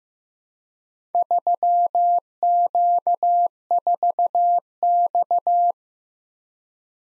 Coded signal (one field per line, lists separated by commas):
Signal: Morse code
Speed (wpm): 15 wpm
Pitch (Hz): 700 Hz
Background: none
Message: 3Q4X